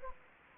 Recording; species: mosquito wingbeat signal from an infrared sensor; Anopheles gambiae